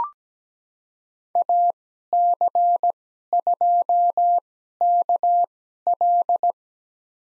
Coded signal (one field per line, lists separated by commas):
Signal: Morse code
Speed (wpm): 17 wpm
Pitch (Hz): 700 Hz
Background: none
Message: AC2KL